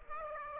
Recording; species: mosquito wingbeat signal from an infrared sensor; Aedes aegypti